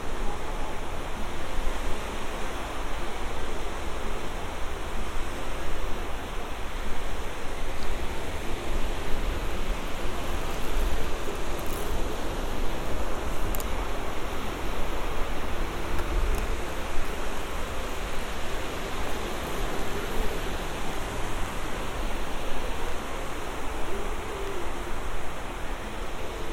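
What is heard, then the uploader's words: A beach walk at Santa Monica Pier, filled with a steady, dense rush of surf that holds an even level throughout. A low rumble runs underneath, and a few faint, sharp high ticks come through around the middle. Santa Monica Pier. A binaural field recording. A walk on the beach; under the pier; a few hundred yards and back again; up to the pier.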